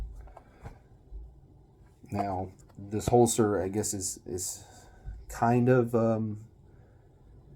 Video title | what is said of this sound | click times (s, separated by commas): 800 round update on the Rock Island Armory M200 | so you got a strap that goes over it and it'll snap in place | 0.4 s